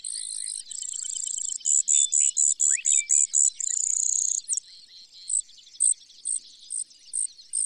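Brewer's sparrow song, very high buzzy trills alternating with slower pulsed series, then spaced chips near the end.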